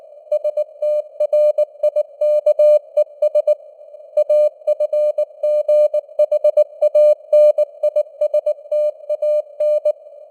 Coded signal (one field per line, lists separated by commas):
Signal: Morse code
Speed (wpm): 19 wpm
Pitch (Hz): 600 Hz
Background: none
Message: STRIKES AFGHANISTAN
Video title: Morse Code News | 2025-11-03 | 19wpm